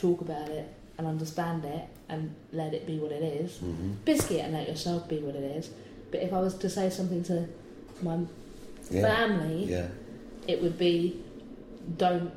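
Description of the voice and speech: A young woman speaks calmly in a small room, and the word "biscuit" pops out abruptly mid-sentence without disrupting her flow. This is a simple vocal tic of Tourette syndrome, an involuntary sound or word that recurs and happens all the time; the speech around it is otherwise fluent.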